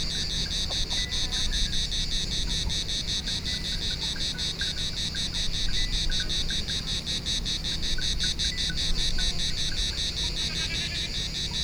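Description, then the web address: Cicada song: a continuous, rapidly pulsed high rasping drone with steady beats, over low rumbling noise. Recorded on Thassos, Greece, in 2016. "hanggyujtemeny gorogtaj thassos 2016 ketkaboca kecskekrovarok kecskesut"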